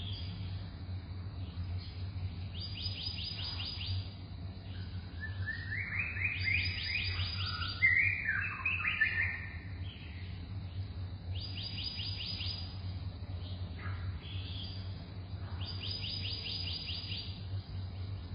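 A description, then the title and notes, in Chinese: Birds chirp and sing over a steady bed of insect buzzing, with rhythmic trilling insects pulsing high up at intervals. Around the middle, a louder, brighter bird call rises and falls, while a low constant hum runs underneath throughout. 傾聽叢林之聲 ‧ 鳥之合唱。學院的蟲鳴鳥叫聲可說是360度全方位環繞。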